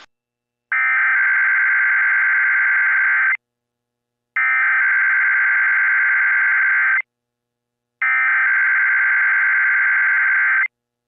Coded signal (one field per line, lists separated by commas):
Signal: Emergency Alert System (SAME) tones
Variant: header bursts